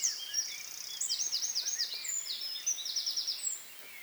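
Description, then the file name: Eurasian wren singing high, rapid trills and warbling runs almost without pause, then stopping near the end. "Troglodytes troglodytes"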